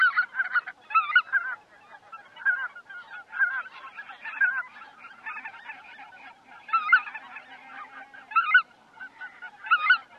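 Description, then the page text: Greater white-fronted goose honking, loud nasal calls from several birds overlapping continuously, with recurring stronger bursts. "gęsiowate - Anserinae"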